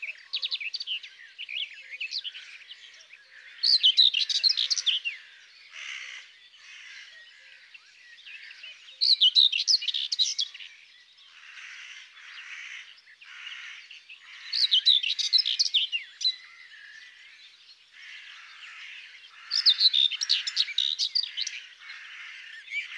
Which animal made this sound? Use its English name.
Common Whitethroat